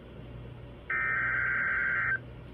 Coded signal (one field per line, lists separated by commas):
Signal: Emergency Alert System (SAME) tones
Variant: header bursts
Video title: Storms, Floods, And Blacksburg Being Slow || EAS Alerts from 7/25-8/1/22 || EAS 343-366